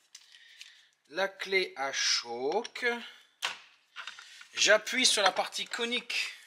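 A mechanic presses on the conical part of a long extension or socket fitted to an impact wrench so it locks in place, ready to undo a fastener through the shock absorber hole while fitting a big brake kit on a diesel Golf. Someone talks throughout, with a few short handling taps near 0.2, 0.6, 3.5 and 4.1 seconds. Nothing has seated or clicked yet.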